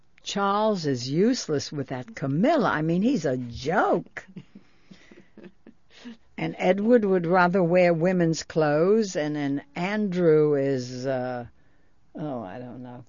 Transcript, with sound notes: Charles is useless with that Camilla. I mean, he's a joke. (She laughs) And Edward would rather wear women's clothes. And Andrew is, oh, I don't know.